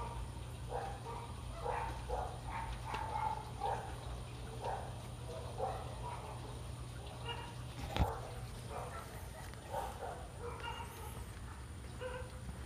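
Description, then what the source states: Dog barking, a long run of short rough barks in loose bursts, with one sharp knock midway and a constant low hum. Dogs (K-9s) guarding a home from intruders at night.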